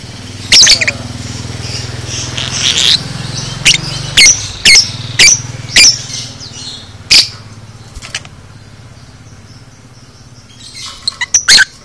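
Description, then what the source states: Lovebird calls: sharp, shrill chirps in a quick series, then a quiet spell before a final cluster of chirps. Masteran 'paud' lovebird recording, made for training cage birds.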